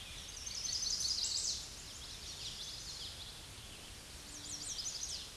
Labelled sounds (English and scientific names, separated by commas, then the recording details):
Common Yellowthroat (Geothlypis trichas) song
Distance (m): 35 m
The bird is about 10 m above the microphone
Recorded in a Pennsylvania forest on 16 May 2024 at 09:42
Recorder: AudioMoth, point MSD-2429
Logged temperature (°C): 16.7 °C
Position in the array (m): 78 m, 100 m